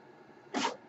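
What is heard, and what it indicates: A brief breathy puff of air, about a quarter second, from a person's own home mechanical ventilator cycling a breath.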